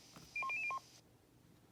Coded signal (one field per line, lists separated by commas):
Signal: five-tone selective call